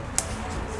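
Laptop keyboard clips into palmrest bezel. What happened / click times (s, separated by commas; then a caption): A plastic side clip snapped into place / 0.2 s. A side clip of a replacement keyboard (part 9Z N4DUQ 201, 59329) on an HP Pavilion DV7 laptop (4100–4500 series) is pushed into the palmrest bezel of the laptop case. It gives a single short, sharp click at 0.2 s against a low, steady background and seats in place.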